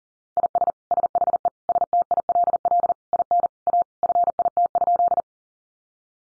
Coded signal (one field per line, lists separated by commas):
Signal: Morse code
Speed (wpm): 40 wpm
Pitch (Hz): 700 Hz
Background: none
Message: IS SHE STILL IN A FIT?